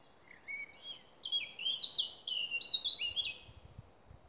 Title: Snimke ptičjeg pjeva negdje oko Kupinečkog Kraljevca, 30.4.2020.